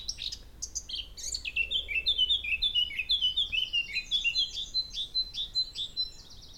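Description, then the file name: Eurasian blackcap giving a fast, varied warble of high chirping and twittering notes for about six seconds, over a quiet low background hum. "Sylvia atricapilla"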